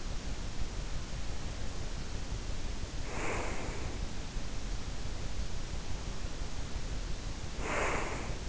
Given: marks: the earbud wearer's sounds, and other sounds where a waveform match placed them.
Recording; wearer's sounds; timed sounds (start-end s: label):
sounds in sleep by an in-ear microphone; breath
3.04-3.75 s: breath
7.26-8.49 s: breath